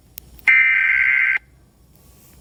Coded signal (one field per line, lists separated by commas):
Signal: Emergency Alert System (SAME) tones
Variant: header bursts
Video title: EAS Scenario - Mass Volcano Eruption (Read The Description)